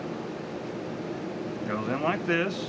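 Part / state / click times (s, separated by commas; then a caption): pistol barrel into slide / not seated / none. A Glock 21 pistol barrel is lined up in the slide before being dropped home, over a steady broadband hiss while someone talks briefly near the end, followed by a short high-pitched hiss around 2.5 seconds. Nothing has seated or clicked yet.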